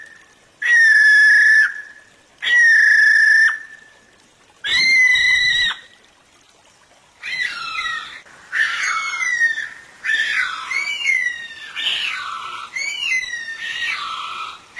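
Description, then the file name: Kiwi whistles, three long steady shrill notes with pauses, then several rougher, wavering whistled notes that rise and fall. "canto do passaro kiwi"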